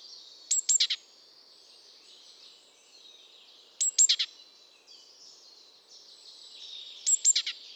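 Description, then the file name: Great tit call of quick, sharp, high-pitched notes in tight clusters, repeated roughly every three seconds, with soft, continuous high twittering behind. "Parus major"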